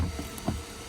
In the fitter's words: So you just pull it straight out like this till it clicks off.